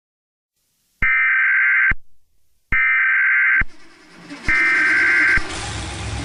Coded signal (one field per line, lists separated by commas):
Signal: Emergency Alert System (SAME) tones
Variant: header bursts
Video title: EAS SCENARIO #39: CREEPER INVASION